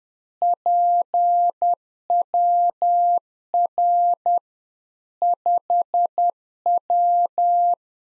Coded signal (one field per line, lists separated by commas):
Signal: Morse code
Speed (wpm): 10 wpm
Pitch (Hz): 700 Hz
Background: none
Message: PWR 5W